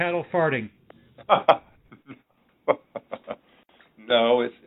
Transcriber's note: laughs